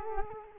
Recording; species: mosquito wingbeat signal from an infrared sensor; Culex quinquefasciatus